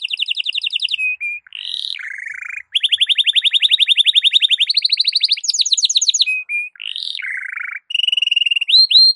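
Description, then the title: Belgian canary song alternating rapid trills, slurred whistles and long even rattles, shifting pitch between phrases. Belgian canary; morning song used to warm up a canary, described as suited for masteran (tutoring other birds). "Canto Para Esquentar Canário Belga. SUARA BURUNG KENARI DI PAGI HARI COCOK BUAT MASTERAN"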